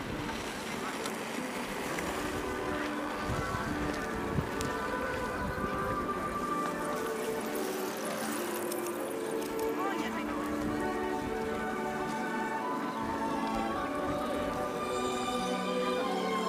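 Hundreds of people go about their activities at Tempelhofer Freiheit in Berlin, a steady mix of overlapping voices with a constant rushing hum.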